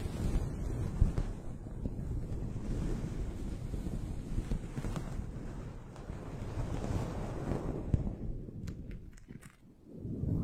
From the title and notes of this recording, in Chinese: 麦克风防风棉套触发。